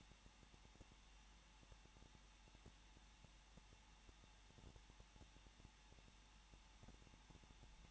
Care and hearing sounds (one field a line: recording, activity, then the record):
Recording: daily activity, microphone in the room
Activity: no activity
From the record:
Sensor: 1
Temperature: 20.1 degrees Celsius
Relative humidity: 39.4%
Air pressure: 1006.4 hPa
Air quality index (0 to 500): 219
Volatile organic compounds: 81 ppm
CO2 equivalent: 3615 ppm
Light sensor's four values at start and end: 1/2/1/1 and 1/2/1/1